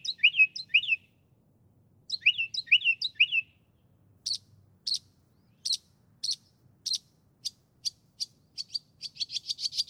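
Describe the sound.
Northern mockingbird song, a twittering phrase given twice, then a string of sharp clicking notes that speed up toward the end.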